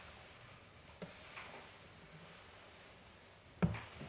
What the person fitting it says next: Right there. You hear it click in place, and that means it's in there good.